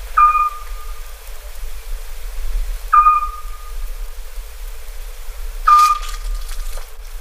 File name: Hibou Petit duc